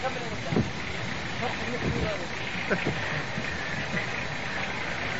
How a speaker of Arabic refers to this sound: شو سوي؟ يطفي السيارة. السيارة شغالة قلت له عشان يطفيها عشان المحرك.